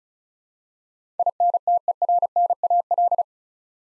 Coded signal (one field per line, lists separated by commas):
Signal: Morse code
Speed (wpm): 36 wpm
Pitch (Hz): 700 Hz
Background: none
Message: INTERNAL